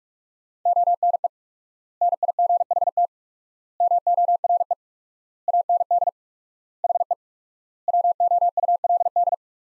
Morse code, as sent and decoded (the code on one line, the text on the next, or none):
--- -. . / -. .. --. .... - / -- --- .-. . / .- -. -.. / .... . / .-- --- ..- .-.. -..
ONE NIGHT MORE AND HE WOULD